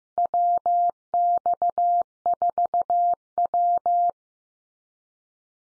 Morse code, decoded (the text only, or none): WX4W